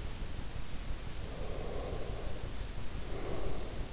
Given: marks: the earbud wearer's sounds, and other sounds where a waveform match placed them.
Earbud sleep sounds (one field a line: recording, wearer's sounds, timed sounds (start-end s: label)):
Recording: sounds in sleep by an in-ear microphone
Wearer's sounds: breath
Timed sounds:
1.15-3.84 s: breath